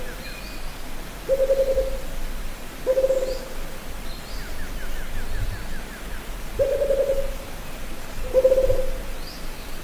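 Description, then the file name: Rufous-capped motmot song: four low, hollow hoots in two pairs, with a faint rapid falling trill from another bird in between. "Canto da juruva"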